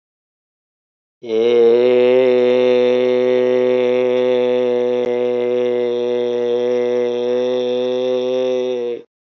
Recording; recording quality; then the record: sustained vowel as in made; excellent, no background noise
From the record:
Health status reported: healthy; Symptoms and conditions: none ticked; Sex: male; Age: 52 years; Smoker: not ticked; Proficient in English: yes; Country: India